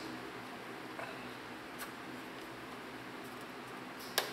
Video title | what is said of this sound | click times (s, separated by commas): OTW Type XXIII Overview | again those just snap in place | 4.2 s